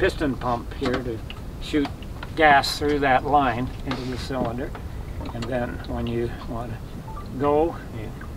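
On a vintage car's engine primer, with the automatic-prime lever in the prime position and a small piston pump set to shoot gas through a line into the cylinder, someone talks over a low background rumble. The clip ends just before the lever is pushed forward into its locked position to close the line off, so nothing has seated or clicked yet.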